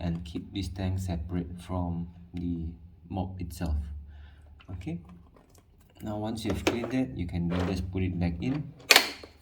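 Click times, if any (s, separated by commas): 8.9 s, 9.0 s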